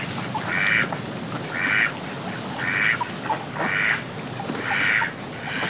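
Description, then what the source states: Duck quacking in a steady series, nasal quacks repeated about once a second over constant splashing. A flock of ducks splashing in water and quacking.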